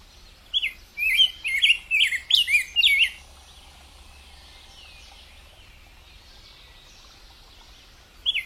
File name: canto do bico grosso de peito rosa